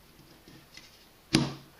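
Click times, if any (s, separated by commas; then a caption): 1.4 s. A plastic pole section of an RGB corner floor lamp is pushed into the next section or base. After faint handling sounds, a sharp snap at 1.4 s marks it clicking into place, lining up with no twisting needed.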